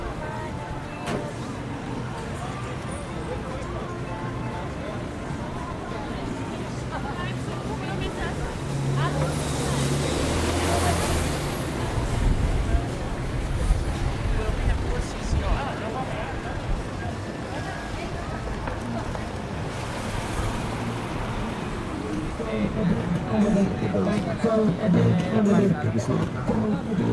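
A busy stretch of Camden Market, full of overlapping voices and crowd chatter that never lets up. The din stays dense and steady throughout, with low rumbling beneath, possibly passing traffic, and brief brighter swells of noise around ten and twenty seconds.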